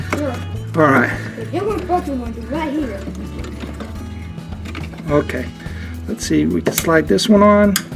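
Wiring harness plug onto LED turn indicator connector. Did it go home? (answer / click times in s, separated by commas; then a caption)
no / none. A wiring harness plug is handled and slid onto the plastic connector of a second LED turn indicator on a Jeep, plastic on plastic, with faint light knocks over background music while someone talks. Nothing has seated or clicked yet.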